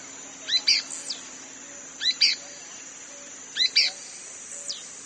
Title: LuckyPassaro Completos2Sama. Pale-breasted Spinetail (Synallaxis albescens inaequalis (ssp assumed from location))